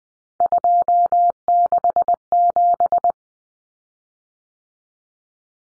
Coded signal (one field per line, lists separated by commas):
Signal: Morse code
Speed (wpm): 20 wpm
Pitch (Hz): 700 Hz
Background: none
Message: 267